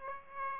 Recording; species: mosquito wingbeat signal from an infrared sensor; Aedes aegypti